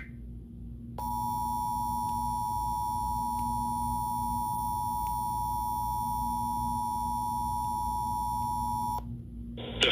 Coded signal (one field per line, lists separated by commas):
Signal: Emergency Alert System (SAME) tones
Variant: 853 and 960 Hz attention tone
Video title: Emergency Alert System Test Warning 4/11/2018 7:07 PM